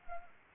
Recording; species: mosquito wingbeat signal from an infrared sensor; Anopheles arabiensis